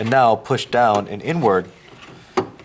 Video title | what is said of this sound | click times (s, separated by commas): DIY HID Xenon Install: Mazda 3 2003-2009 | have it snap into place. | 2.4 s